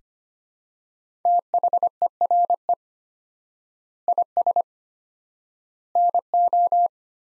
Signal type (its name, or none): Morse code